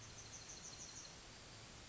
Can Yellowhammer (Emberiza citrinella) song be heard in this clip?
yes